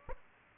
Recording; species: mosquito wingbeat signal from an infrared sensor; Aedes aegypti